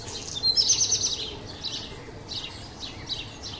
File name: Codirosso Spazzacamino